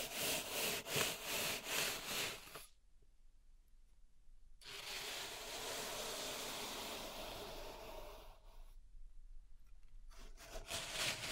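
Pink salt in a zen garden is raked and rubbed in gritty, hissing strokes, first as five quick rhythmic swipes. After a two-second pause comes a longer, steady scraping pass, then a brief lull and a few more strokes near the end.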